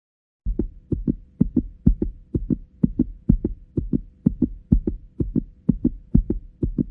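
Steady paired lub-dub heart sounds, low and thumping, at about 125–130 beats per minute with a regular rhythm. The rate is somewhat fast, and a faint steady hum sits underneath. A sound effect.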